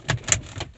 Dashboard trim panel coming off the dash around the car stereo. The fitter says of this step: and it just clips out